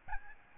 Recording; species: mosquito wingbeat signal from an infrared sensor; Aedes albopictus